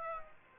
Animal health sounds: mosquito wingbeat signal from an infrared sensor; Aedes aegypti

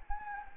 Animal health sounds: mosquito wingbeat signal from an infrared sensor; Anopheles gambiae

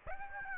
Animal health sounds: mosquito wingbeat signal from an infrared sensor; Aedes aegypti

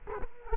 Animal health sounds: mosquito wingbeat signal from an infrared sensor; Culex quinquefasciatus

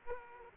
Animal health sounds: mosquito wingbeat signal from an infrared sensor; Aedes aegypti

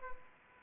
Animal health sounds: mosquito wingbeat signal from an infrared sensor; Aedes aegypti

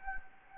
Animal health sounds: mosquito wingbeat signal from an infrared sensor; Anopheles gambiae

